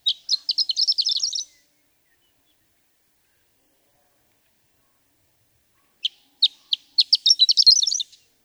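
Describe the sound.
Horned lark singing two phrases, each a series of spaced high chips quickening into a bright, tinkling jumble, separated by a few seconds of silence.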